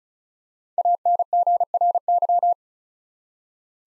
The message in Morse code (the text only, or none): ANGRY